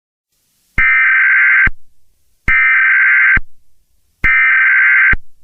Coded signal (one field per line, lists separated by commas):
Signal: Emergency Alert System (SAME) tones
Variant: header bursts